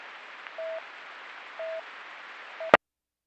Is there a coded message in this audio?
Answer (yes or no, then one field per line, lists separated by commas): no